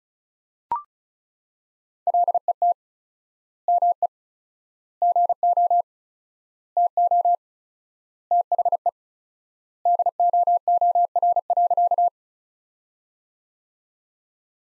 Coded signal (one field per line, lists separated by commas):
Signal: Morse code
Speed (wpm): 36 wpm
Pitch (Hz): 700 Hz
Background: none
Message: LET ME GO TO THE DOOR.